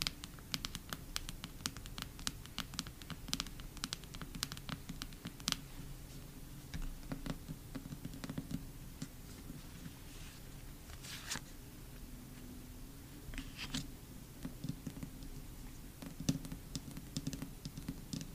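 Photocards tapped in quick, uneven clicks throughout, crisp and bright, over a steady low hum with a few sharper taps near eleven seconds.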